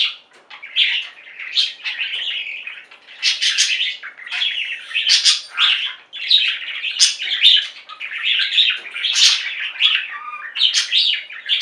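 Budgerigar chatter, long run of harsh buzzy warbles and squawks with bright chirps rising above, hardly pausing.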